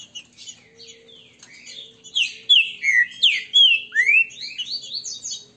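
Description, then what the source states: Green-winged saltator song: soft chips at first, then loud ringing slurred whistles in quick succession, with a faint hum and a few brief low tones. Singing and 'macheando'.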